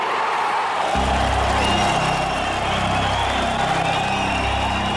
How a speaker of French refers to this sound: Des cris de joie, des rires, des pleurs, c'est la libération.